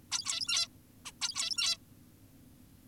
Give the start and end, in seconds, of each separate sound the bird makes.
0.12-0.68, 1.05-1.12, 1.22-1.77